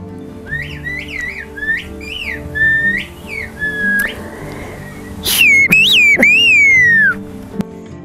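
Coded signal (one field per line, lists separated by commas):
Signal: whistled language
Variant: Turkish kuş dili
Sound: series of short rising-falling whistles, then a long loud whistle gliding up and down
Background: low background murmur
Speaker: ini adalah basa burung yang dipakai di desa cusco Turki terletak di timur laut Turki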